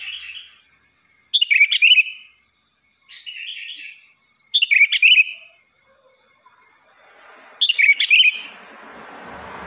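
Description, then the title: Sooty-headed bulbul phrases: three loud bubbly whistled bursts a few seconds apart, softer phrases between them, and a rushing background noise near the end. "Kutilang"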